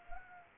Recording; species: mosquito wingbeat signal from an infrared sensor; Anopheles arabiensis